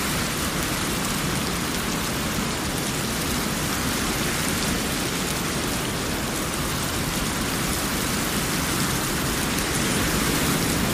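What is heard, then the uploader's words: Steady rain falls throughout, a dense, even hiss of countless drops with no pauses or changes in level. The patter is full, spread from a soft low rumble up to a bright, fizzing top, with individual drop taps blurring into one continuous wash. Raindrops Sounds For Sleeping Or Studying White Noise.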